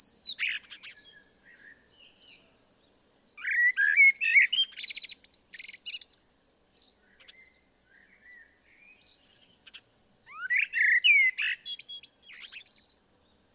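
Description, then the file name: Common blackbird song: two fluting, warbled phrases gliding around mid pitch, each ending in a squeaky high twitter, separated by quiet pauses with faint chirps. "Turdus merula"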